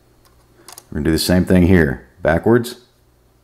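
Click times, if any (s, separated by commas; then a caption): none. A third Torx retention screw is turned backwards under light pressure in the thread of an AMD Ryzen Threadripper TR4 CPU socket. Faint ticks sound around 0.3 and 0.7–0.8 seconds while someone talks. Nothing has seated or clicked into the thread yet.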